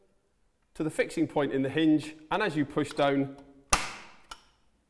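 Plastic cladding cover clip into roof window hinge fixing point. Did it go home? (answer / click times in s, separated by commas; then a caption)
yes / 3.7 s. Someone talks while a plastic top cladding cover on a Velux Integra Electric roof window is pushed down so its clip lines up with the fixing point in the hinge. A sharp, bright click rings out at 3.7 s, followed by a fainter tick at 4.3 s. The clip is seated on the hinge.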